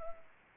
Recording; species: mosquito wingbeat signal from an infrared sensor; Anopheles arabiensis